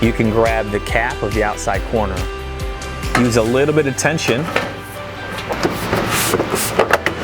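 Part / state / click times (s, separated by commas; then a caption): steel outside corner cap onto its corner base trim / seated / 6.9 s, 7.1 s. Someone talks over music as the outside-corner cap of steel siding trim is pressed with a little tension onto its installed corner base at the end of the job. It snaps on with sharp clicks at 6.9 s and 7.1 s, locking the cap into place.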